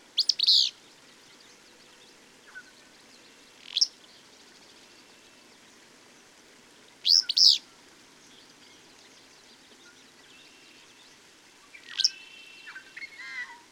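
Bird song: two loud bursts of clustered high chirps with single sharp notes between, and quieter twittering near the end.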